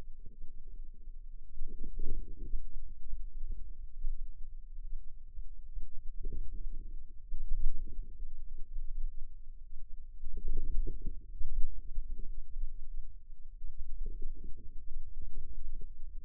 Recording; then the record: forearm muscle sounds (acoustic myography)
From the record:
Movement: inward rotation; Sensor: system 2, bracelet of six BSWA MPA416 microphones around the upper forearm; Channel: 2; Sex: female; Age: 22 years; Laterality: right